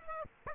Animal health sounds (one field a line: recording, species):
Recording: mosquito wingbeat signal from an infrared sensor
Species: Aedes aegypti